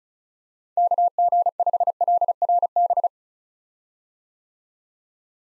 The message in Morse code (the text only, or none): KG5LRB